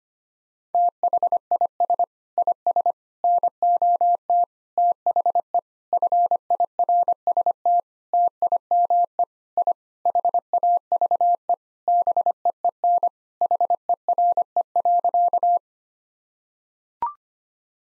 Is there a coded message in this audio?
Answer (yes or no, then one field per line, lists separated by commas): yes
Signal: Morse code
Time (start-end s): 0.7-15.6 s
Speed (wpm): 25 wpm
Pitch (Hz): 700 Hz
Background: none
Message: THIS IS NOT THE FIRST TIME I HAVE BEEN HERE.